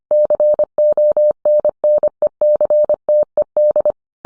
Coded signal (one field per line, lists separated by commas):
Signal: Morse code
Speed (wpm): 25 wpm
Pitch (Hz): 600 Hz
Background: none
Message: CONNECTED